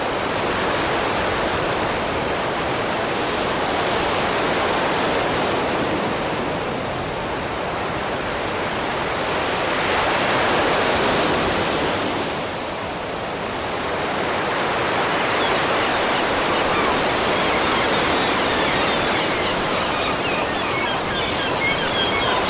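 Ocean waves roll in as a steady, dense hiss and rush that fills the whole clip. The wash swells and eases in slow surges, rising around 3, 10 and 15 seconds with brief lulls between, and the sound stays full and unbroken throughout.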